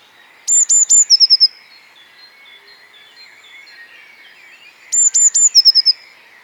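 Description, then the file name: Eurasian blue tit singing two bright phrases: three high whistled notes, then a short rapid trill, repeated a few seconds later over soft background birdsong. "Cyanistes caeruleus"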